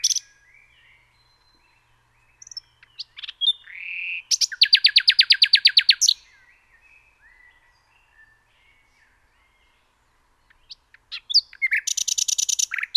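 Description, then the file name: Common nightingale song with scattered soft notes and whistles, a loud phrase of fast repeated notes, quiet gaps, and a second rapid trill at the end. "Luscinia megarhynchos"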